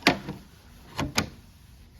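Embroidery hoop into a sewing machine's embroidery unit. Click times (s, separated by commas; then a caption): 0.1 s, 1.2 s. An embroidery hoop is pressed down onto the arm of a sewing machine's embroidery unit until it snaps into place instead of sliding in. Sharp plastic clicks are heard at 0.1 s and 1.2 s, with fainter knocks around 0.3 s and 1.0 s. The hoop ends up seated correctly in the embroidery unit.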